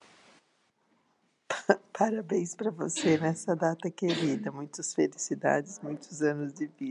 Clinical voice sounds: short text; Brazilian Portuguese; female; 60 to 69 years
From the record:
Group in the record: control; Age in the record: 63 years

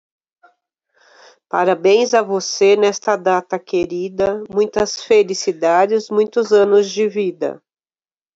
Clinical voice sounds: short text; Brazilian Portuguese; female; 50 to 59 years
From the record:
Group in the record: control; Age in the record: 52 years

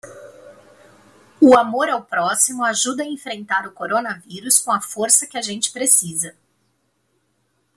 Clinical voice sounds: spoken sentence; Brazilian Portuguese; female; 40 to 49 years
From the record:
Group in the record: control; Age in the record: 41 years

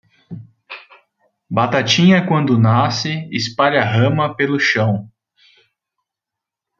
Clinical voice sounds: short text; Brazilian Portuguese; male; 30 to 39 years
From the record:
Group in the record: control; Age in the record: 31 years

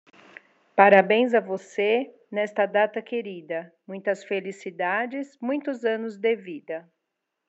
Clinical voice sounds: short text; Brazilian Portuguese; female; 50 to 59 years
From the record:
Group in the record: control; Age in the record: 50 years

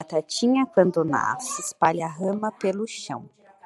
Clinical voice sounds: short text; Brazilian Portuguese; female; 30 to 39 years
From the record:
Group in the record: control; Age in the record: 39 years

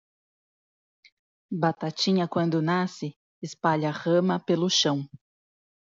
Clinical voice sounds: short text; Brazilian Portuguese; female; 30 to 39 years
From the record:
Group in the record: control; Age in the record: 38 years

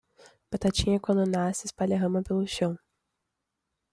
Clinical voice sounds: short text; Brazilian Portuguese; female; 20 to 29 years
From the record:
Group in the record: control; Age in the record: 21 years

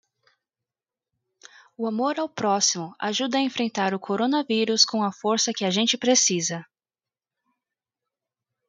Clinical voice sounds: spoken sentence; Brazilian Portuguese; female; 20 to 29 years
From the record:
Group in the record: control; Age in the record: 24 years

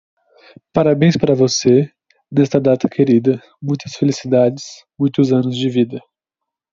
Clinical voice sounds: short text; Brazilian Portuguese; male; 18 to 19 years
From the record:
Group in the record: control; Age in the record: 19 years

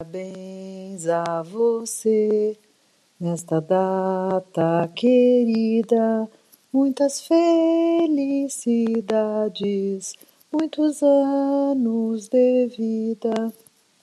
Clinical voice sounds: short text; Brazilian Portuguese; female; 60 to 69 years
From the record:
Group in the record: control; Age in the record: 65 years

